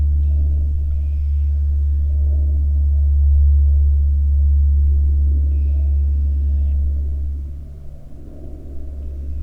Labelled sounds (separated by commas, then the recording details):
wind, aircraft
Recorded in the Prudhoe Bay oil fields, Alaska, on 8 August 2019 at 13:25
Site 14